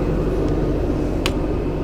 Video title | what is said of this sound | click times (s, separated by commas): 756 pre trip | Make sure it clicks. And if it latches into place, great. | 1.3 s